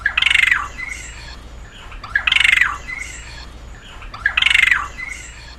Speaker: So this is the captive bred Regent Honeyeater song.